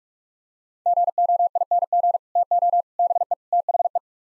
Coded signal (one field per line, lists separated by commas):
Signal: Morse code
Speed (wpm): 47 wpm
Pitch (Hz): 700 Hz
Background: none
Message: GOING TO BE THE